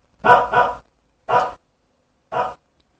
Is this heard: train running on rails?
no